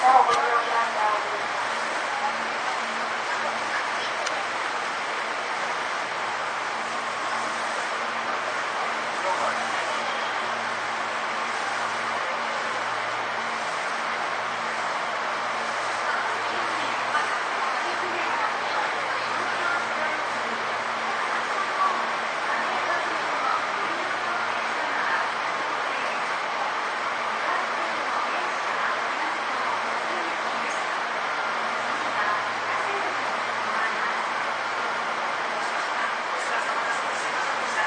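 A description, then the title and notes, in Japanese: Recorded aboard a train running between stations, a steady, dense rumble and hiss fill the whole stretch with little change in level. Faint murmurs like voices or announcements drift through the middle, and a low hum sits constantly underneath. 東武10000系 浅草ー北千住。浅草→北千住の区間の運転の列車を録音。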